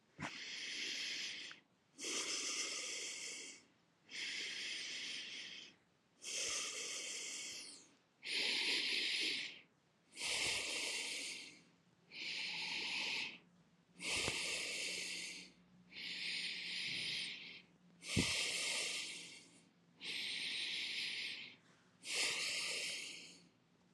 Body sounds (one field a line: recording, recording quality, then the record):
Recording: deep breathing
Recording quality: excellent, no background noise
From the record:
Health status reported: healthy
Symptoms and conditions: none ticked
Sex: male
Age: 50 years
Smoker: not ticked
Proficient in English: yes